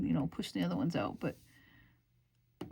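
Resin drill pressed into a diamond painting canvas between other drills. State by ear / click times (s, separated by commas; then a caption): seated / 2.6 s. Someone talks while a small plastic resin drill is pressed down onto the adhesive canvas of a Diamond Dotz Rainbow Unicorn diamond painting, squeezing in between neighbouring drills. After a quiet pause, a short, sharp click sounds at 2.6 s as the drill clicks into place, seated.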